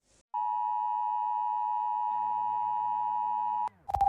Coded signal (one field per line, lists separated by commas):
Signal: Emergency Alert System (SAME) tones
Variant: 853 and 960 Hz attention tone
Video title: Hodnocení EAS alarmů part 2 (další klasické alarmy, které by měl každý znát)